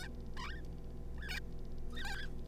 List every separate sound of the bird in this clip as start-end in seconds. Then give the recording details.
0.01-0.08, 0.37-0.61, 1.18-1.39, 1.92-2.26. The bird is a juvenile. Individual R3549